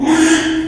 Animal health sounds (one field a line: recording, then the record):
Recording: squeal of a Yucatan mini pig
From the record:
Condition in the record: after surgery on the right vocal fold (resection and tissue-engineered implant)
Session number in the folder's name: 3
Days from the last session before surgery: 33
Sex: male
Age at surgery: 12 weeks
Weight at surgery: 13 kg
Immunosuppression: cyclosporine, prednisolone